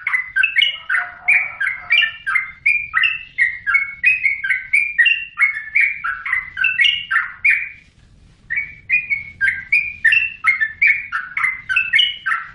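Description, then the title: Oriental magpie-robin singing fast, slurred phrases in quick succession, broken by a brief pause near the eighth second before the chatter resumes. "Kicau Kacer"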